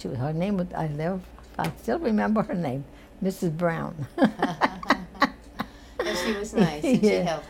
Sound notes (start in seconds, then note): 4.1 chuckles; 6.9 chuckles